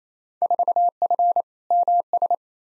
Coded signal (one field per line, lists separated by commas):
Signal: Morse code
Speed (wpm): 27 wpm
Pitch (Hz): 700 Hz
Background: none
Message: 4F MS